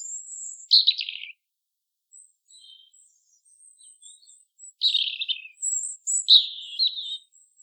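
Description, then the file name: European robin song: three short, liquid, descending warbled bursts, interspersed with soft, high, thin squeaky notes. "Erithacus rubecula"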